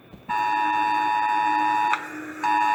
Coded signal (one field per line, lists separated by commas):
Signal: Emergency Alert System (SAME) tones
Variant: 853 and 960 Hz attention tone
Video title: Countryballs react at their EAS alarms